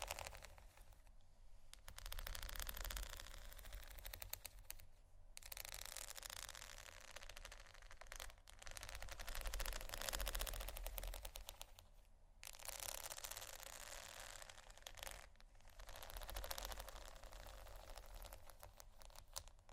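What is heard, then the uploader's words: Pearls are scratched and tapped in dense, rattling bursts of bright clicking that run for a few seconds at a time. Brief quiet gaps break the activity near 1.5, 5, 8.5, 12 and 15 seconds. A low, steady rumble sits underneath throughout. ASMR Scratching & Tapping On Pearls（No Talking）.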